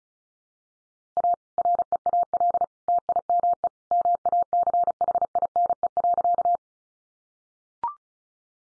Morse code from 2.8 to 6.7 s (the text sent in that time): TIME MACHINE.